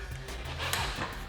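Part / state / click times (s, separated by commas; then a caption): chemical bottle attachment onto a pressure cleaner nozzle / seated / 0.7 s. A plastic chemical bottle attachment is pressed down onto the nozzle of a Ryobi EZClean 18V battery-powered pressure cleaner, giving a sharp click at 0.7 s over low background hum. The bottle is seated on the nozzle.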